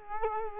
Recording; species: mosquito wingbeat signal from an infrared sensor; Culex quinquefasciatus